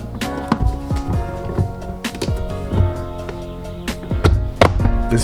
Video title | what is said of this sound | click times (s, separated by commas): I got Bryce a Lamborghini for his birthday! | pops right in there okay | 4.6 s